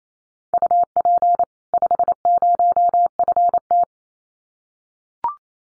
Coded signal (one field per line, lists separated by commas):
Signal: Morse code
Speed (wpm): 28 wpm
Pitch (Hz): 700 Hz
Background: none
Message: UP 50FT